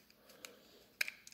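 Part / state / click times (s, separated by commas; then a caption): mounting screw into flashlight mount / seated / 1.0 s. A mounting screw is put into the mount of a USMC MCAL Streamlight Sidewinder articulating flashlight and wobbled around, with faint ticks and scrapes at about 0.1 s and 0.4 s. The screw clicks into place with a sharp, bright click at 1.0 s, followed by a softer tick just after and light taps near the end, before it is hand-tightened.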